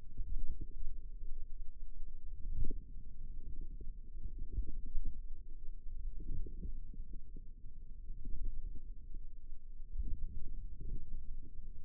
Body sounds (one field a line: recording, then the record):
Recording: forearm muscle sounds (acoustic myography)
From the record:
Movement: ulnar deviation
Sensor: system 2, bracelet of six BSWA MPA416 microphones around the upper forearm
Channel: 3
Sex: female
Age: 22 years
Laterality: right